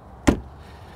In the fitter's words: hear how solid that door shut is?